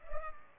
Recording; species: mosquito wingbeat signal from an infrared sensor; Culex pipiens